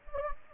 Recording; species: mosquito wingbeat signal from an infrared sensor; Anopheles gambiae